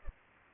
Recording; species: mosquito wingbeat signal from an infrared sensor; Culex pipiens